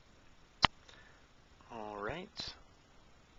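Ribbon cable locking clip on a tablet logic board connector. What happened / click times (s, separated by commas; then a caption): The plastic locking clip snapped down / 0.6 s. A plastic locking clip on a ribbon cable connector of a Nexus 7 tablet logic board is flipped back down after two ribbon cables are seated, giving one sharp click at 0.6 s, followed by a faint tick at 0.9 s. Someone talks briefly from about 1.7 to 2.5 s. The connector clip is seated.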